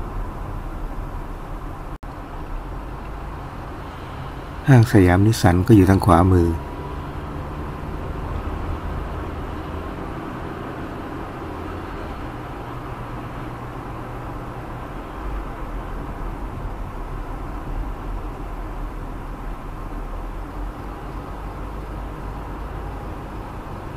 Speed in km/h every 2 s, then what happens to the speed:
32, 29, 28, 31, 35, 39, 41, 41, 38, 35, 34, 33.
0-5 steady at about 29. 5-12 speeds up to 41. 12-19 slows to 34.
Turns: none.